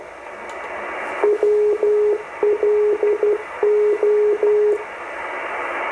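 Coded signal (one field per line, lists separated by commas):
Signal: Morse code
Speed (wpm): 12 wpm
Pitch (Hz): 420 Hz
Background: radio noise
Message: WLO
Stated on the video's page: Heard on shortwave while tuning between 16 and 18 MHz.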